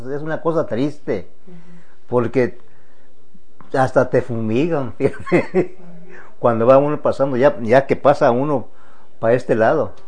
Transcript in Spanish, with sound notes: Es una cosa triste porque hasta te fumigan (risas) cuando va uno pasando, ya que pasa uno pa este lado